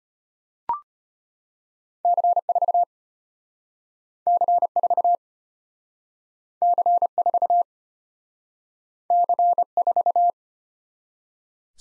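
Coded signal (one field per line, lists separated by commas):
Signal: Morse code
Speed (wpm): 33 wpm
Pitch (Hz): 700 Hz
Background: none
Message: C4 C4 C4 C4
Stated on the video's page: Morse practice of two-character letter-number combinations, starting fast and slowing to a 25 wpm base, with a final repeat at maximum speed.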